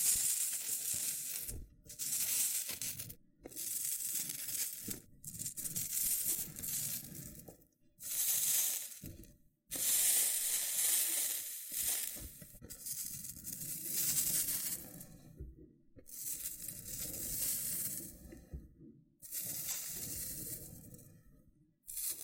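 Crisp scratching and peeling on a loofah, in rough bursts of one to three seconds separated by brief silences, about a dozen strokes across the clip. Each pass is dense and bright with fine crackling pops, over a soft, low rubbing undertone.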